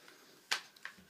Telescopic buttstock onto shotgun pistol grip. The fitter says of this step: до щелчка приклад установлен вот